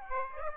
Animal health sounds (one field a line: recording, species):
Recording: mosquito wingbeat signal from an infrared sensor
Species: Aedes aegypti